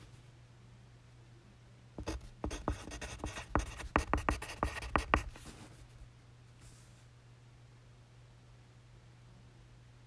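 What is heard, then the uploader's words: A pencil scratches across paper in a quick burst of strokes from about two to five seconds, each stroke a dry, bright scrape with small taps between. A faint, steady low hum runs underneath throughout, and a soft brief rustle follows near seven seconds. ASMR Pencil. This is a longer version.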